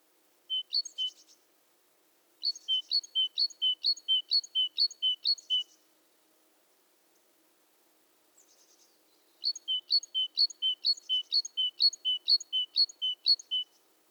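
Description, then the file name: Great tit giving bright, ringing two-note phrases, first a brief burst, then a steady run of repeats, a quiet gap, and a final long run. "Parus major"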